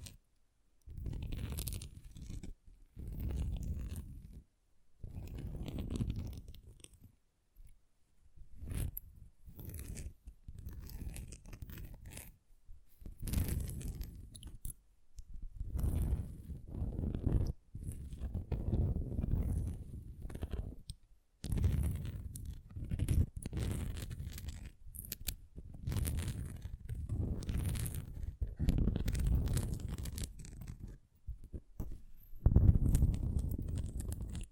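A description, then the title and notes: An assortment of tingly sounds: short bursts of scratching, crinkling and crunching, each lasting a second or a few, separated by brief silences. The sounds are mostly soft and low with rustly upper detail, broken by quick sharp clicks, and grow a bit louder near the end. Tingly Sound Assortment.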